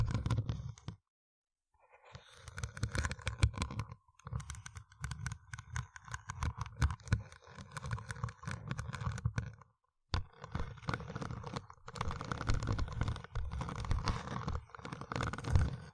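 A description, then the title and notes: Deep brain scratching ASMR: dense, rapid scratching and clicking with a low thudding underlay, running almost continuously. The sound cuts out briefly near one second, around four seconds, and again just before ten seconds, then resumes at a steady, busy pace. ASMR Deep Brain Scratching（No Talking）.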